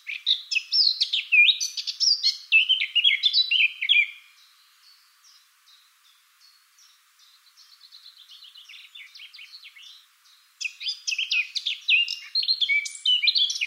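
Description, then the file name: Eurasian blackcap song: a hurried warbling phrase of varied whistles, a soft quiet twittering passage, then another bright, rapid warble bursting in near the end. "Sylvia atricapilla"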